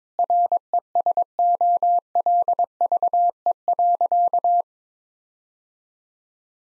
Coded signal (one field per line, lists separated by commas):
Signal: Morse code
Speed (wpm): 22 wpm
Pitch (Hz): 700 Hz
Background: none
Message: RESOLVE.